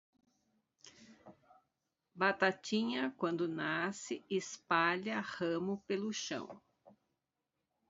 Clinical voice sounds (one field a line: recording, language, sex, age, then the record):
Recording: short text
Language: Brazilian Portuguese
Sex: female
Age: 60 to 69 years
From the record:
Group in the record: control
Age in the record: 62 years